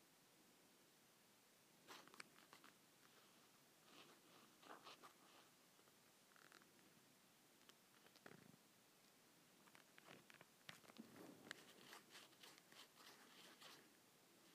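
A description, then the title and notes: Leather scratching in short, irregular rasping bursts from about two seconds on, denser near eleven to thirteen seconds, over a faint steady hiss. ASMR Leather Scratching.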